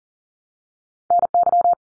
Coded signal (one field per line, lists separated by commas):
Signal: Morse code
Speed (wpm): 40 wpm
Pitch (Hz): 700 Hz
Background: none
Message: NY